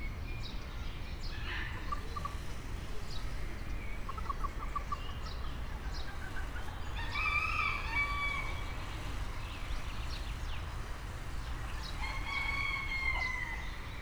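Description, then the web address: Rooster crowing, two drawn-out harmonic crows near the middle and end, over a steady low rumble with scattered fainter calls. Recorded in the farmyard section of Nyíregyháza Zoo in 2010. "allathangok nyiregyhazizoo 2010 standardt parasztudvar kakastyukfacan"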